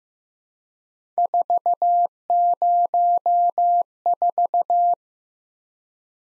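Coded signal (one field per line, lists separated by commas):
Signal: Morse code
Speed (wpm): 15 wpm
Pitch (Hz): 700 Hz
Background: none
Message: 404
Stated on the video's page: Morse practice of random three-character letter and number groups at 15 wpm, for head copy.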